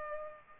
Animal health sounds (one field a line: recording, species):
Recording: mosquito wingbeat signal from an infrared sensor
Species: Culex pipiens